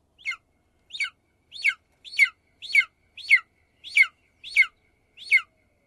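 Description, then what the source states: Golden Eagle call: a steady series of short, sharp yelping notes, nine in all, a little over half a second apart. Call differs from the bald eagle's.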